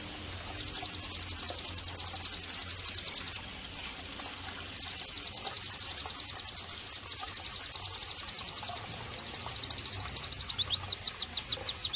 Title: Pleci Gacor 05. terapi pleci dextro 87 plus masteran kenari sahduOmAcuz Dextro87 channel